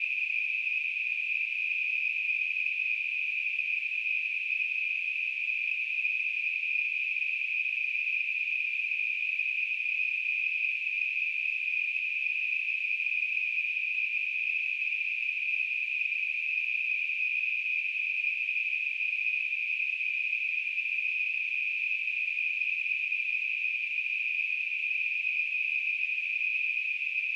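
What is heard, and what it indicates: Tinnitus: a steady, unbroken high-pitched hissing tone, a narrow band of noise centred around 2.5 kHz that holds constant in pitch and loudness throughout.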